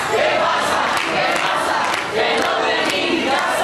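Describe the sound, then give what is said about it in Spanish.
A loud crowd of young protesters in pyjamas chants the housing slogan 'qué pasa, que no tenemos casa' in unison while climbing the stairs of an IKEA store, a dense roar of many voices with rhythmic rises and shouted bursts, sustained throughout without a pause. “Al grito de qué pasa, que no tenemos casa, suben las escaleras del centro.”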